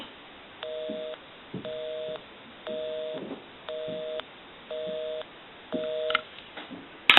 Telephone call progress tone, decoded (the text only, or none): busy tone